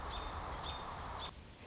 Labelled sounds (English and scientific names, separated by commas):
American Robin (Turdus migratorius)